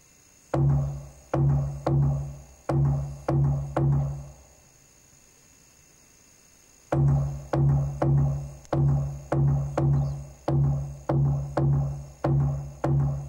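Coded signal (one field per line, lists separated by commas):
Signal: drum signal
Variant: garamut slit drum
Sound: steady hollow wooden drum beats, a pause of a few seconds, then the beats resume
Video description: Church garamut announces service. (0.56) This drum has the head of a crocodile at one end and a crucifix at the other. It is used instead of, or in addition to, bells to summon people to worship.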